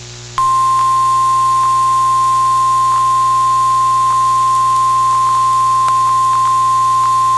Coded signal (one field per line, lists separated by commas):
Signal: Emergency Alert System (SAME) tones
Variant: 1050 Hz attention tone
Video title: EAS Alerts from 9/6/25 (EAS #187-210)